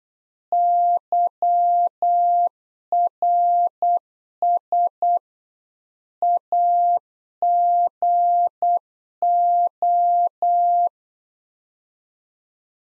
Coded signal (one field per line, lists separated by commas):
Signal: Morse code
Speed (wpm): 8 wpm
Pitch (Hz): 700 Hz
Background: none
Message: YRS AGO